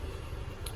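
A torque wrench set to 7.5 foot-pounds tightens a thermostat housing bolt on a 2004 Ford Escape during a thermostat replacement. Over a steady low rumble, a single sharp click sounds at 0.7 s as the wrench reaches its setting, and the bolt is torqued.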